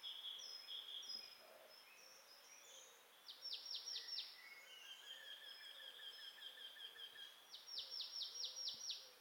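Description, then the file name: Marsh tit calls: two bursts of rapid, sharp descending notes, each five or six in a row, with thin whistles and other chirping notes earlier. "Poecile palustris"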